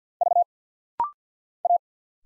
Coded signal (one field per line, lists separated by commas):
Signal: Morse code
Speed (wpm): 50 wpm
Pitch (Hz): 700 Hz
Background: none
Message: V A